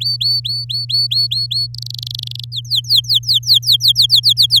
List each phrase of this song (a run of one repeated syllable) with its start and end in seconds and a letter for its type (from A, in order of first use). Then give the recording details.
0.00-1.67 A, 1.74-2.45 B, 2.52-4.60 C. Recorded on 11 May 2018 at 06:23. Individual llb16